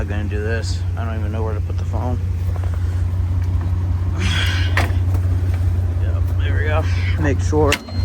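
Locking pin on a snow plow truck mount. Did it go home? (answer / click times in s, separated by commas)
no / none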